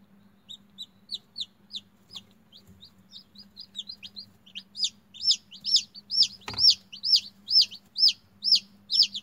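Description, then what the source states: Chicken chick peeping: high, thin, downslurred peeps repeated rapidly, about two a second, growing louder and steadier in the second half, with a single sharp click and a faint steady hum. A chick hatching from its egg.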